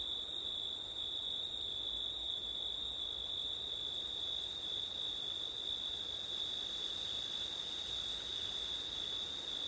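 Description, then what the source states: Crickets in chorus, a steady unbroken high trill with a second shimmering band above it that breaks off briefly twice, over a soft hiss of background noise. Crickets singing on a September night, with wind; ORTF microphone setup.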